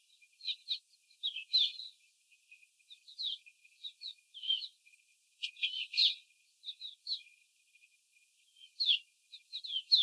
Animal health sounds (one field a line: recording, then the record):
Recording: young laying hens in a cage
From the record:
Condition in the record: before the stressor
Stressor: simulated dog barking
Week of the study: 4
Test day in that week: 3